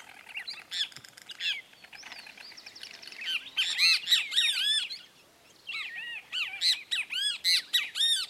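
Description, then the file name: Great kiskadee giving harsh, arched, squawky notes in rapid bursts, after softer chirps at the start. Song exchanged between two birds. "Benteveo -canto-entre-dos-ejemplares"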